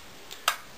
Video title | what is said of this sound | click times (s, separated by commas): How to Load a Monarch 1115 Price Gun | close your door and it locks into place and you have a new ink roller | 0.3 s, 0.5 s